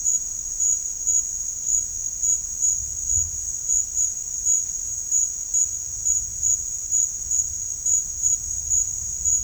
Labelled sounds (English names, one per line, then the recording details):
none
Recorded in dense forest near Puerto Asís, Putumayo, Colombia, on 4 March 2025 at 16:30
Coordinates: 0.484, -76.325
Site G045